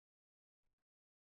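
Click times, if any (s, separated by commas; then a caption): none. A plastic cap is being put back onto a glue stick for a second time, since the cap must be closed all the way or the glue will dry out and stop working. Two short, muffled handling bursts are heard around 0.6 to 0.8 seconds with silence on either side. The cap has not seated or clicked yet.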